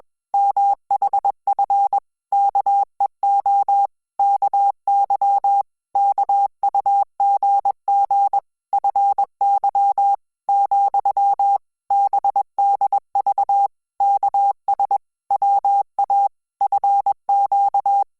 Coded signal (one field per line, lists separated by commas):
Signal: Morse code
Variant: Korean alphabet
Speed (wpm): 21 wpm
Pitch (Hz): 800 Hz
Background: none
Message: 문 앞 에 있 네 , 들 여 보 내